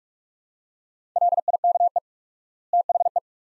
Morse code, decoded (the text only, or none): LIKE THE